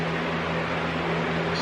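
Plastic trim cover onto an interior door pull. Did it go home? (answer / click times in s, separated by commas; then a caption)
no / none. A plastic trim cover is fitted onto an interior door pull in a Toyota Tacoma: the handle is opened a little and the cover is positioned before being snapped in. Only a steady broadband hum with a low tonal drone is heard, level and without any sharp transients. Nothing has seated or clicked yet.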